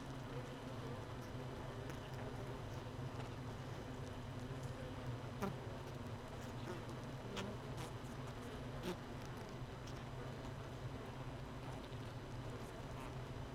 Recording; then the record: honeybee colony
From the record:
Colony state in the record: missing queen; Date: 31 May 2018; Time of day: 17:16